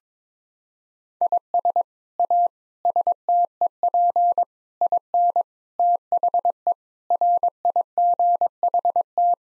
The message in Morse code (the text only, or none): IS A STEP IN THE RIGHT